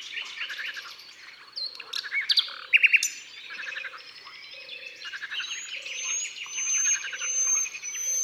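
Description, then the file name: Common nightingale song, varied bursts of chirps, buzzy rattles and sharp notes, with a low note repeated about every second underneath and a thin high whistle later. Natural concert recorded in the Drôme, France, by Studio les Trois Becs. "Rossignol philomele Concerts Naturels de la Drome Studio les Trois Becs"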